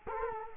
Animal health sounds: mosquito wingbeat signal from an infrared sensor; Culex quinquefasciatus

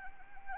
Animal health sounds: mosquito wingbeat signal from an infrared sensor; Anopheles arabiensis

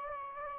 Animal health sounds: mosquito wingbeat signal from an infrared sensor; Anopheles gambiae

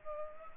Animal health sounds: mosquito wingbeat signal from an infrared sensor; Culex pipiens

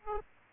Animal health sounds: mosquito wingbeat signal from an infrared sensor; Aedes aegypti

